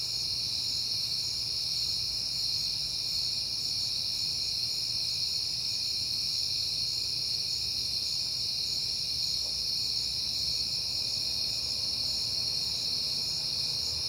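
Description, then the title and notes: A steady, shrill cricket chorus runs unbroken throughout, with faint low background hum. Crickets at night in September, on a peaceful night. "Night Time: Crickets and Passing Cars. It is September and I have been hearing the crickets a lot, but finally had a peaceful night to make the recording"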